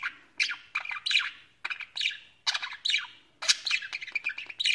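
Budgerigar chatter in short bursts: clusters of rapid, scratchy chirps and warbles separated by brief silences.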